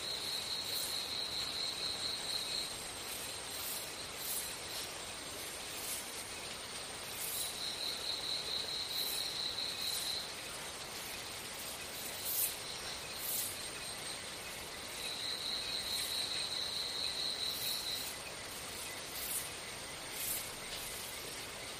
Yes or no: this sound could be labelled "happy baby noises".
no